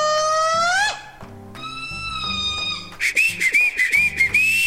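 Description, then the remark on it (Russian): Someone whistles a bright, high melody in three phrases, the first gliding upward, the last fluttering in quick trills, over a low murmur of background voices and clatter. “Как так свистеть?”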